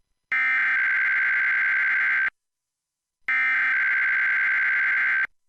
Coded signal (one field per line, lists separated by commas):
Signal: Emergency Alert System (SAME) tones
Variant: header bursts